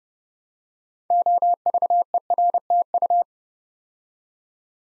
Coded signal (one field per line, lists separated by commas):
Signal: Morse code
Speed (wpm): 30 wpm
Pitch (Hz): 700 Hz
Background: none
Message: OVERTU